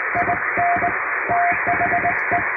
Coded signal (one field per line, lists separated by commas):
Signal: Morse code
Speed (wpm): 20 wpm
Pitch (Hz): 700 Hz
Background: radio noise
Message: IN THE